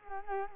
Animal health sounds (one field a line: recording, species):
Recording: mosquito wingbeat signal from an infrared sensor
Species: Culex quinquefasciatus